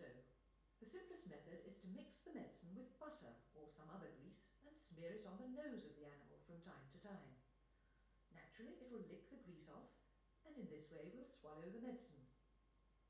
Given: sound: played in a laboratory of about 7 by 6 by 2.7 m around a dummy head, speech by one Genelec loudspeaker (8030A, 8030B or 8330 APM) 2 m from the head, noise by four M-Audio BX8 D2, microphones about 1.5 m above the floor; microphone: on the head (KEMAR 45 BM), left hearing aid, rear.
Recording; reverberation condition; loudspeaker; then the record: female speech in English; medium; 90 degrees to the right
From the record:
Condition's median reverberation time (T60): about 510 ms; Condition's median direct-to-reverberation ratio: about -0.5 dB